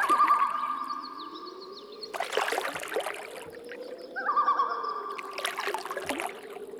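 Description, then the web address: Loon giving a wavering tremolo call, heard twice, each followed by a burst of noise, over a steady, slowly undulating low drone. During a weather change. "Dan Gibson Call Of The Loon"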